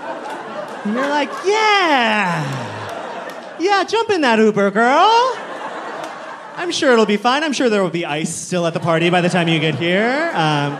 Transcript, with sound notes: And you're like, yeah. Yeah. Jump in that Uber, girl.
(LAUGHTER)
I'm sure it'll be fine. I'm sure there will be ice still at the party by the time you get here